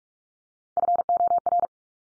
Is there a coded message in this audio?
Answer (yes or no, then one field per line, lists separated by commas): yes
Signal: Morse code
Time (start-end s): 0.8-1.7 s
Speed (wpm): 44 wpm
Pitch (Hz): 700 Hz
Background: none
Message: FOR